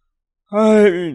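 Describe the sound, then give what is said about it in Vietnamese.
One drawn-out, voiced yawn by a middle-aged Taoist man after a brief silence, a steady humming tone that sags and trails off at the end, heard on its own without any talking. “Hắn ngáp một cái rồi nói.”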